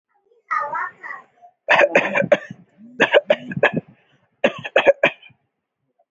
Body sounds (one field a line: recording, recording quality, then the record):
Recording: shallow voluntary cough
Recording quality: excellent, no background noise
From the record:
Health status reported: healthy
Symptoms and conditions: none ticked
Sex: male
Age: 26 years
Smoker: not ticked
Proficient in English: yes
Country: India